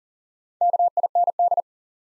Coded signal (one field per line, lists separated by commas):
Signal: Morse code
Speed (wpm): 40 wpm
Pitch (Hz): 700 Hz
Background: none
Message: KIND